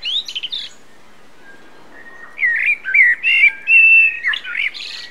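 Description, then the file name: Common blackbird song: a brief high twitter, a pause, then a run of fluty, warbling whistled phrases with squeaky flourishes, with a faint steady background hiss. "Turdus merula"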